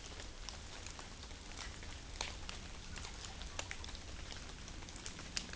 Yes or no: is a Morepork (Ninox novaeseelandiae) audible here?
no